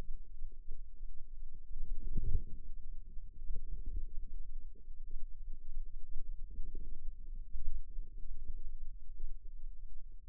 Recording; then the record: forearm muscle sounds (acoustic myography)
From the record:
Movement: wrist flexion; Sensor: system 2, bracelet of six BSWA MPA416 microphones around the upper forearm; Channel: 2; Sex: female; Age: 22 years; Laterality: right